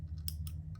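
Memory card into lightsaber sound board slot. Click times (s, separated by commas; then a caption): 0.3 s. A microSD card is pushed into the spring-loaded card slot on a lightsaber's sound board until it locks. A faint tick at 0.2 s comes before a sharp, bright click at 0.3 s, followed by a softer click at 0.5 s and a faint tick at 0.8 s over a steady low hum. The card clicks in at 0.3 s and is locked in place.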